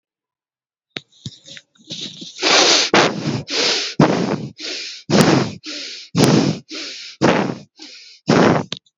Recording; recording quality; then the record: shallow breathing; excellent, no background noise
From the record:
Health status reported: healthy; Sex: male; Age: 21 years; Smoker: no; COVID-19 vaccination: both doses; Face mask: not worn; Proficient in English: yes